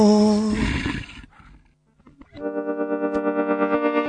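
A heavily processed, distorted wolf growl rumbles for about a second, then after a brief silence a steady, buzzing harmonic tone swells in with a fast, pulsing wobble.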